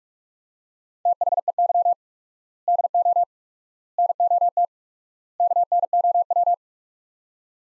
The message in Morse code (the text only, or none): THEY DO NOT KNOW